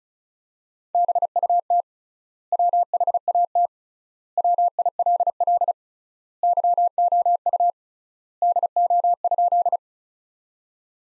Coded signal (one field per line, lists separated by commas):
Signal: Morse code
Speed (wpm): 36 wpm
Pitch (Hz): 700 Hz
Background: none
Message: BUT WHAT WILL YOU DO?